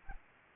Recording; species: mosquito wingbeat signal from an infrared sensor; Anopheles arabiensis